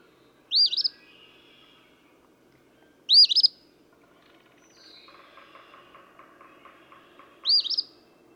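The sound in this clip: Eastern phoebe giving its buzzy, slurred phrase three times at uneven intervals, with a soft chattering sound in the background.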